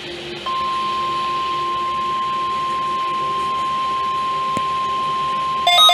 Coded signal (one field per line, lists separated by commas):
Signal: Emergency Alert System (SAME) tones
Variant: 1050 Hz attention tone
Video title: Required Weekly Test EAS #16-17 June 9th, 2021